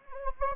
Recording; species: mosquito wingbeat signal from an infrared sensor; Anopheles gambiae